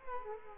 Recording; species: mosquito wingbeat signal from an infrared sensor; Culex quinquefasciatus